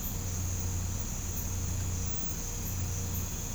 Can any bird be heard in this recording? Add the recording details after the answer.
no. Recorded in pastures near Puerto Asís, Putumayo, Colombia, on 20 December 2024 at 05:30. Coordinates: 0.505, -76.324. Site G063